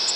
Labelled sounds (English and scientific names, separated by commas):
Tennessee Warbler (Leiothlypis peregrina) flight call